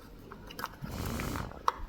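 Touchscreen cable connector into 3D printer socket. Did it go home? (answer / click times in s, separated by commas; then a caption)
yes / 1.7 s. A touchscreen's cable connector is pushed into the socket on a K2 Plus 3D printer until it seats. Soft handling noise leads up to one sharp click at 1.7 s, confirming the connector is seated.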